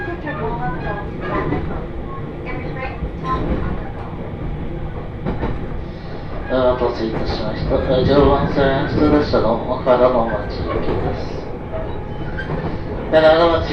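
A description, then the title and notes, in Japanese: A ride on the Joban Line train, with a steady low rumble of the moving carriage underneath. People talk throughout, with a voice growing louder and more animated from about seven seconds on, and a brief burst near the end. 鉄道旅 常磐線 仙台→浜吉田。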